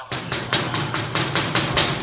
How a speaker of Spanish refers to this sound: Yo abro. Uy, está llamando a la puerta.